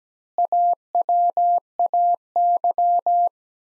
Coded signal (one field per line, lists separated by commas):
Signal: Morse code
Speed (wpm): 17 wpm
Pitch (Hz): 700 Hz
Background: none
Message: AWAY